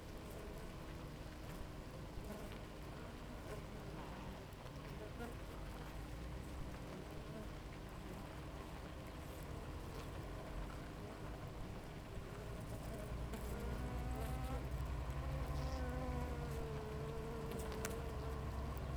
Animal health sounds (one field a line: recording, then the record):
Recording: honeybee colony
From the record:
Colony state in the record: active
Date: 28 July 2017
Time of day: 6:46